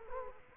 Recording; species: mosquito wingbeat signal from an infrared sensor; Culex quinquefasciatus